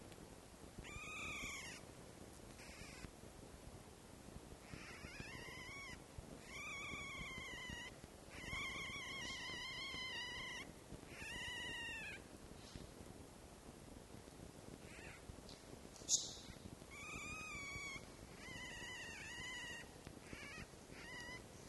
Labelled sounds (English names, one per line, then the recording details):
Red Fox
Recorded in captivity
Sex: diverse
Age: diverse
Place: Zoologisches Institut der HUB, Berlin, DE
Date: 1955-04-25 13:00
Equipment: Elmetra
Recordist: Tembrock, Günter